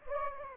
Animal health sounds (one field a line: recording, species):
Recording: mosquito wingbeat signal from an infrared sensor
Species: Anopheles gambiae